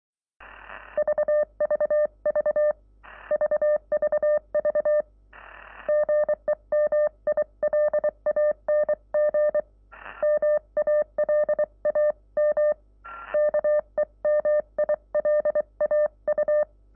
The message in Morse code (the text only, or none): VVV VVV GEMILANG MALAM KEMILAU